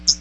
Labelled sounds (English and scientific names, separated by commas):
Hooded Warbler (Setophaga citrina) flight call